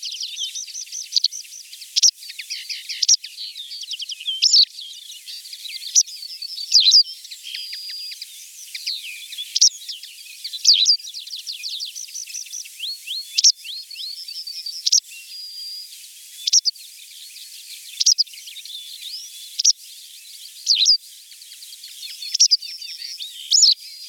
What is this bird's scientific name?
Motacilla alba